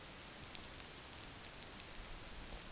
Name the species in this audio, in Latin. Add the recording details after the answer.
none. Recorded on Arctic tundra, site NAIT-1, on 27 June 2019. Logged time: 20:00